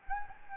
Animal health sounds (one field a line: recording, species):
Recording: mosquito wingbeat signal from an infrared sensor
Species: Anopheles gambiae